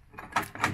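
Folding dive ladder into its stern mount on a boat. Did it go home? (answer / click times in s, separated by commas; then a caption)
no / none. The folding dive ladder on the stern of a 2024 Sea Hunt Gamefish 25 is being handled and swung down into its stern mount. A series of clanks and knocks rises at about 0.4 s, 0.6 s and 0.8 s as the ladder drops. Nothing has latched or locked in place yet.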